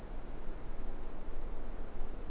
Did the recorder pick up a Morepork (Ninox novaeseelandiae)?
no